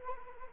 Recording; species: mosquito wingbeat signal from an infrared sensor; Anopheles arabiensis